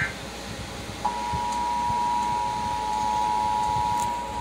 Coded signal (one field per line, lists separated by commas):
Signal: Emergency Alert System (SAME) tones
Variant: 853 and 960 Hz attention tone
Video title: Tornado Warning on H&I (EAS #44)